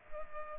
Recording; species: mosquito wingbeat signal from an infrared sensor; Culex pipiens